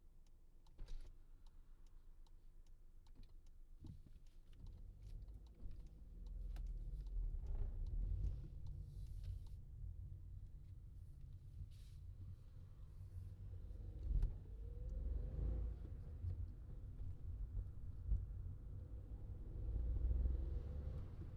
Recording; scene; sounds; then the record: everyday scene through a hearing-aid microphone; in a vehicle; engine, traffic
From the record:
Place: Skoda Fabia, gasoline engine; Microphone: in the ear canal, left